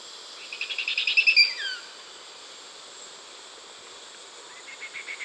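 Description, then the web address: Spotted woodcreeper song: a series of quick notes rising in loudness, then a slurred downward note, another faint trill starting at the end; insect drone behind. Recorded in Ecuador. "Birds of Ecuador. Spotted Woodcreeper"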